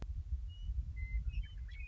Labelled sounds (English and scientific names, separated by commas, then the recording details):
Western Meadowlark (Sturnella neglecta)
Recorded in Sonoma County, California